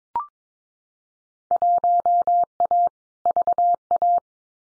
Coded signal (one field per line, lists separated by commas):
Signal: Morse code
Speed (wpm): 22 wpm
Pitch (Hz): 700 Hz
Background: none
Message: 1A VA